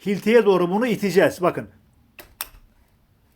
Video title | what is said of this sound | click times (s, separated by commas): HİLTİ NASIL KULLANILIR. TÜM DETAYLARIYLA BU VİDEODA | tak diye ses geldi ve şu Boşluğu da burada göreceksiniz çektiğiniz zaman çıkaramayacak | 2.4 s